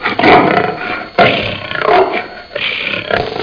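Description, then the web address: Tiger roaring: three harsh, rough, growly bursts in close succession, the last one cut off at the end. "Micro RD-CD-ROM-Vol 1. creatures tiger tiger"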